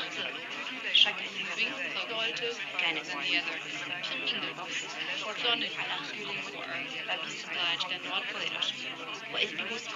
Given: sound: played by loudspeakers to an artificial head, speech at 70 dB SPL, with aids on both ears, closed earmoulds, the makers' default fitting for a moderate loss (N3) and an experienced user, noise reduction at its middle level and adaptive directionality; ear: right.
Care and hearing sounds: speech test signal (ISTS) in cocktail-party noise; -3 dB; in front (0 degrees)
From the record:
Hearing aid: class 1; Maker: G

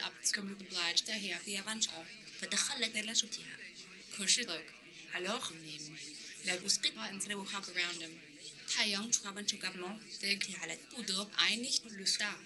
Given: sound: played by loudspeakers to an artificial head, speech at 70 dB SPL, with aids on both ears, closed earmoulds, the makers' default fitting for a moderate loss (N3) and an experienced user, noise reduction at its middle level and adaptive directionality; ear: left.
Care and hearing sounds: speech test signal (ISTS) in cocktail-party noise; +9 dB; in front (0 degrees)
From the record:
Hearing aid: class 1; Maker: H

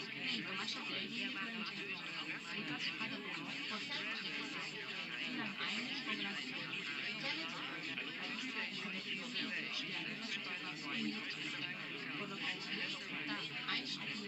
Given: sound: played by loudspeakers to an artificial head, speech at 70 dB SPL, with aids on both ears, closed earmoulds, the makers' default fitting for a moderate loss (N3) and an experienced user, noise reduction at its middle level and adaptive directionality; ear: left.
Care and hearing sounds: speech test signal (ISTS) in cocktail-party noise; -3 dB; on the right (90 degrees)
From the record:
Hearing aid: class 1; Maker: D

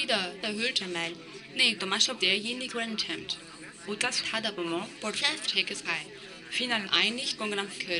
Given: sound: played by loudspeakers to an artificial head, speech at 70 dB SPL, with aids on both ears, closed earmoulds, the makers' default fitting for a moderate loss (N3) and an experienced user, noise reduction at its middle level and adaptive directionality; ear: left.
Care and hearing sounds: speech test signal (ISTS) in cocktail-party noise; +6 dB; in front (0 degrees)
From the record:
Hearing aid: class 2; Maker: B

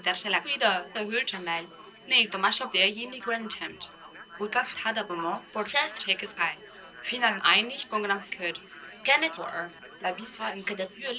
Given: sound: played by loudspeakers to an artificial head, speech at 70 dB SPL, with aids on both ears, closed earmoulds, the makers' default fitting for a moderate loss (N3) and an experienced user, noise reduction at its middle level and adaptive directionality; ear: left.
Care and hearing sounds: speech test signal (ISTS) in cocktail-party noise; +9 dB; in front (0 degrees)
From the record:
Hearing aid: class 2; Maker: E

